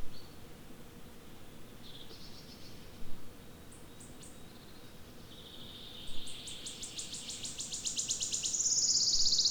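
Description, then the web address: Wood warbler song: scattered thin high notes before a run of quickening ticks that merges into a sharp, shimmering trill. Recorded 25 May 2020. "fagelljud 20200525-gronsangare"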